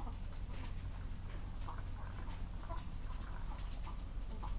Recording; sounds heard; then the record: poultry house recording; sick chickens (respiratory disease)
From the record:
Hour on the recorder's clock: 14